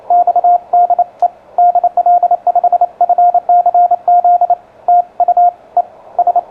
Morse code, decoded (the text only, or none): X DE DL5FCZ TUES